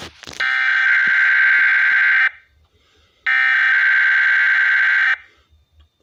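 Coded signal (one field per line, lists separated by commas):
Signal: Emergency Alert System (SAME) tones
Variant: header bursts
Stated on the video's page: NOAA Weather Radio required weekly test originated by NWS and relayed through EAS.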